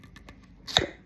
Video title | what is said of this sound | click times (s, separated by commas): JE VOUS DIS TOUT SUR BE SAVE L’ANTI-GASPILLAGE ALIMENTAIRE PAR EXCELLENCE | Là, on l'a entendu. Vous avez entendu le plouf ? | 0.8 s